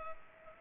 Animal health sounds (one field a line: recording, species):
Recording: mosquito wingbeat signal from an infrared sensor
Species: Culex pipiens